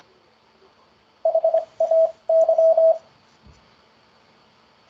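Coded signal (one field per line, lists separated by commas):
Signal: Morse code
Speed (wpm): 25 wpm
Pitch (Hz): 650 Hz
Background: radio noise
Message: HAY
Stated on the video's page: Morse word practice for beginners on the ZS-CW Beginner's Corner.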